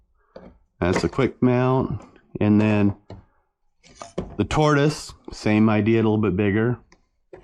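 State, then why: Not seated. Someone talks while handling a model railroad Tortoise switch motor that is to be pressed into its plastic quick-mount bracket, with a few faint short taps near 0.4, 3.1 and 7.3 seconds. Nothing has seated or clicked into place yet.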